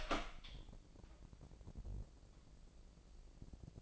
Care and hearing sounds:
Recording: daily activity, microphone in the room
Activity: open door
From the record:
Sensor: 5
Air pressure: 1012.4 hPa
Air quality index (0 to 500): 158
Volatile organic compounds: 2 ppm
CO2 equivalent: 1077 ppm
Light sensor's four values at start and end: 273/662/279/306 and 278/674/284/312

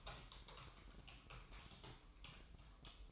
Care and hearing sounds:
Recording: daily activity, microphone in the room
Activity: typing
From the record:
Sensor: 1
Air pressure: 988.8 hPa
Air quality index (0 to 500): 204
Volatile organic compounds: 1000 ppm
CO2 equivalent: 5430 ppm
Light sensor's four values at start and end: 25/93/35/36 and 25/93/35/37

